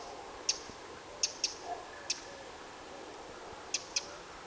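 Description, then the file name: Eurasian wren calling with single and paired sharp clicking ticks at irregular intervals, over a faint steady background hiss. "Troglodytes troglodytes"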